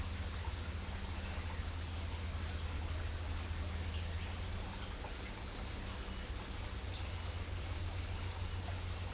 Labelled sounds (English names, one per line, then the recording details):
none
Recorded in dense forest near Puerto Asís, Putumayo, Colombia, on 20 December 2024 at 16:00
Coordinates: 0.467, -76.328
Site GP05